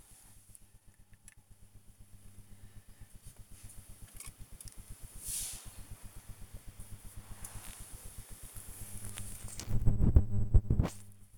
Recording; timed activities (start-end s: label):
household activities, microphone on the right wrist
0.00-11.38 s: dusting model cars